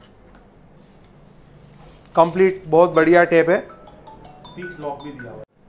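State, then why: Not seated. A steel tape measure with a slide lock on its housing, from an INGCO tool kit, is handled while someone talks over quiet background music. A few faint taps and knocks come through around 3.9 to 4.5 seconds. The clip ends before the blade lock engages, so nothing has seated or clicked yet.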